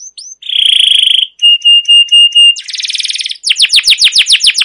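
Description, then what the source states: Canary song mixing a long steady whistled note, short repeated pure tones, a dense buzzy rattle, then a rapid series of falling chirps. Canary with long, continuous trilling 'ngerol' and 'cuit cuit' song, used as a lure and master recording for training other canaries.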